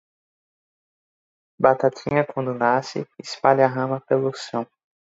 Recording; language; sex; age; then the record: short text; Brazilian Portuguese; male; 20 to 29 years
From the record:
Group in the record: control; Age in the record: 22 years